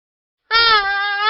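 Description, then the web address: Pronghorn fawn giving a distress call: one loud, nasal, steady bleat that begins abruptly after a short silence. "ant fawn distress"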